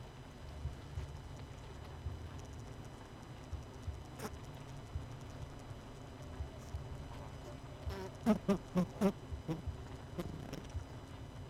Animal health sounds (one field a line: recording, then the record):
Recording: honeybee colony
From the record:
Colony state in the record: missing queen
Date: 31 May 2018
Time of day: 20:23